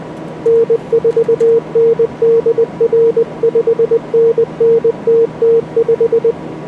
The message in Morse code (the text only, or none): N4NDR 5NN TT5